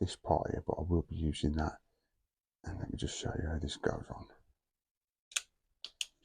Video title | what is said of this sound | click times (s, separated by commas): Scorpion exo r1 helmet.. #scorpionexo#carbon#helmet#bikelife#bikelover#foryou#bikehelmet#motovlog#❤️ | You can hear that click. | 5.8 s, 6.0 s